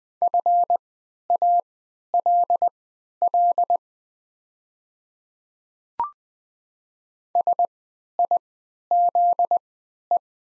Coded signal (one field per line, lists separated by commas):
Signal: Morse code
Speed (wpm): 20 wpm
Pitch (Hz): 700 Hz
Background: none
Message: FALL SIZE